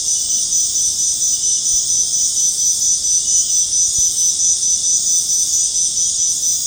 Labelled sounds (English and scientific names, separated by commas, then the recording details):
none
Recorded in secondary vegetation near Puerto Asís, Putumayo, Colombia, on 23 June 2025 at 19:00
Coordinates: 0.484, -76.319
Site G074